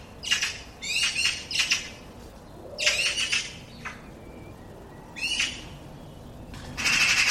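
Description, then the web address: Bird uttering a string of short, harsh squawks in quick clusters, some with rising tones, with quiet gaps between bursts. "cianscape birddata Deverinetal"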